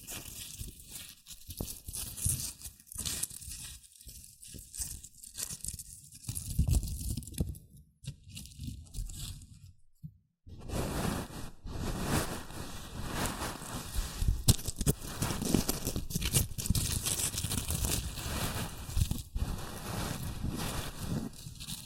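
Shredded tissue and packing peanuts rustle and crinkle in irregular bursts, with a brief near-silent gap around ten seconds before denser, continuous crackling.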